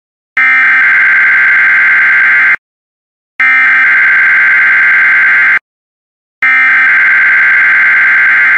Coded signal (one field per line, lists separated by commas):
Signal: Emergency Alert System (SAME) tones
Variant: header bursts